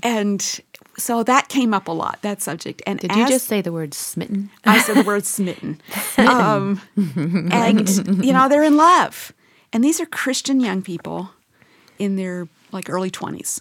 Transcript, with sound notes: And so that came up a lot, that subject.
Did you just say the word smitten?
I said the word smitten. (laughter) They’re in love. These are Christian young people in their, like, early twenties.